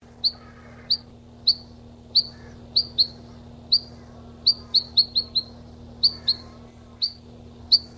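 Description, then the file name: Long-tailed rosefinch calls: short, sharp high chips given singly or in quick runs at uneven intervals, about sixteen in eight seconds, over a faint steady low hum. 26 April 1992. "26 04 92 Uragus"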